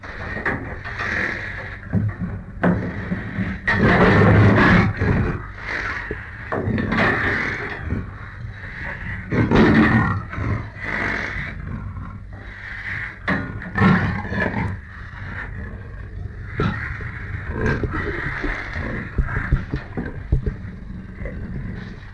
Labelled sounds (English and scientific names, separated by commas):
Leopard (Panthera pardus)